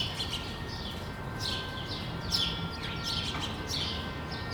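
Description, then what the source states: Sparrow chirps, short bright notes in loose bursts over a steady low rumble and a faint constant hum. Recorded on Rue de l'épargne, Brussels, Belgium, for World Sparrow Day; Lom mikroUši AB microphones into Deity PR-2 recorder.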